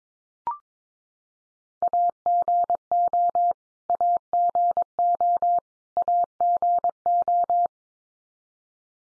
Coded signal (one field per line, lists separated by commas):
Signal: Morse code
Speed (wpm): 22 wpm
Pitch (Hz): 700 Hz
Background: none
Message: AGO AGO AGO